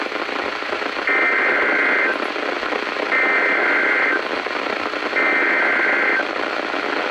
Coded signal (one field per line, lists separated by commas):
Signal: Emergency Alert System (SAME) tones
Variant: header bursts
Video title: EAS #1046-#1047: More Winter Hazards | KHB36 & WXM42